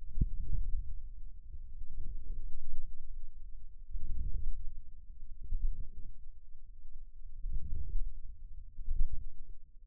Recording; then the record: forearm muscle sounds (acoustic myography)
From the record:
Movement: outward rotation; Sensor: system 2, bracelet of six BSWA MPA416 microphones around the upper forearm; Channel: 1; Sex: male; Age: 22 years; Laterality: right